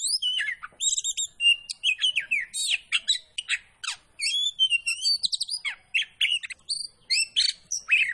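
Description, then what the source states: Oriental magpie-robin delivering a continuous, energetic song of sharp whistles, chirps and scratchy notes, changing constantly with only brief gaps. Poci variety of kacer (magpie-robin), singing vigorously in the gacor style.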